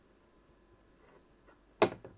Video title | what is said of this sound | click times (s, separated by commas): New KING Budget CPU Cooler Thermalright Assassin King SE 120 ARGB Tower Cooler | There we go, there's the first click. | 1.8 s